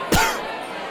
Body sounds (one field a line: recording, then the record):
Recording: coughing mixed with background sound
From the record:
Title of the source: Coughing 51